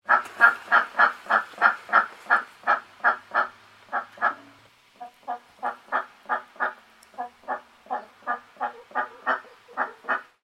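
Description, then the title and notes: Chicken clucking in a steady series of short harmonic clucks, about three per second, with a brief pause midway before the rhythm resumes. Chickens wandering and clucking contentedly; farm animals. "Chickens Wandering And Clucking. Alexander"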